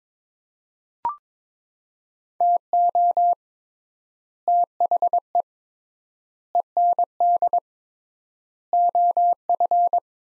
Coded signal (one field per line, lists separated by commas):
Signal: Morse code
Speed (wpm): 22 wpm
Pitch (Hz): 700 Hz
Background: none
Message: TO THE END OF